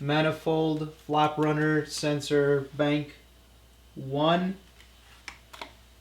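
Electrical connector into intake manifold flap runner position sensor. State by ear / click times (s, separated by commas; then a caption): seated / 5.3 s. A plastic electrical connector is plugged back into the bank one intake manifold flap runner position sensor during reassembly after a carbon clean on an RS4. Someone talks for the first few seconds, then the connector is pushed home with a sharp click at 5.3 s, followed by a few small handling taps. The connector is seated, and the audible click confirms it is in.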